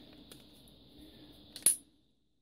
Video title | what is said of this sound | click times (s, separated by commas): 1794-TB3 Wiring Base | then that clips down. You can hopefully you heard that. | 1.7 s